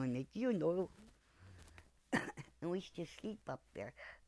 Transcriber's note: coughs